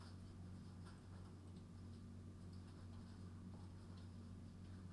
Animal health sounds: poultry house recording; no chicken sound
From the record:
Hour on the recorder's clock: 23

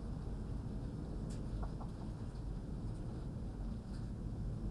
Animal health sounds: poultry house recording; healthy chickens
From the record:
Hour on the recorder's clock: 10

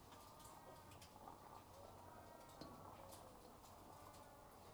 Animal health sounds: poultry house recording; sick chickens (respiratory disease)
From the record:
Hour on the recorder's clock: 12

